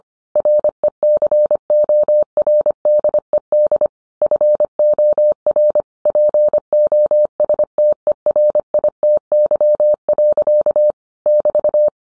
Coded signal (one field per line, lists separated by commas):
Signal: Morse code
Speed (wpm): 25 wpm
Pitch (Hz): 600 Hz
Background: none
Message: RECORDED FOR POSTERITY. <BT>